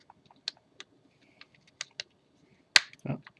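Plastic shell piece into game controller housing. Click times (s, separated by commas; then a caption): 2.8 s. A plastic shell piece is pressed into a Nintendo Switch controller housing before the screws go in. Light plastic clicks and taps sound around 0.5, 0.8, 1.8 and 2.0 seconds, then a sharp, loud snap comes at 2.8 seconds, followed by a brief lower handling rustle. The piece snaps further in and is seated.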